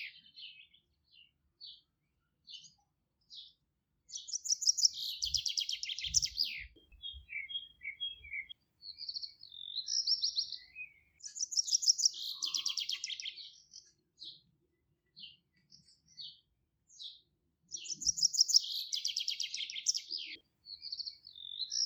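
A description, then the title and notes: Birds sing in a Polish countryside garden, with a bright, rapid trilling song phrase returning about every seven seconds, near 4, 11 and 18 seconds. Short high chirps and whistles fill the gaps, and a few soft low thumps sound early on. Relaxing music of nature from a Polish garden in the countryside.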